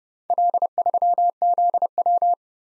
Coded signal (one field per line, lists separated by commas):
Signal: Morse code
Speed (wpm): 32 wpm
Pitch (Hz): 700 Hz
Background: none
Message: L3ZW